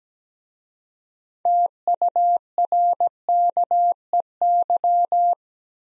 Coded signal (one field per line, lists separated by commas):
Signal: Morse code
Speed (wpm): 17 wpm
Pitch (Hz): 700 Hz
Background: none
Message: TURKEY